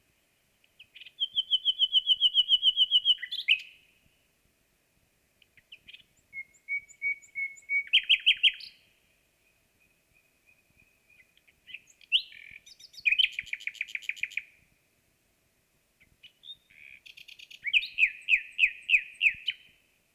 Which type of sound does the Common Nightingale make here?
song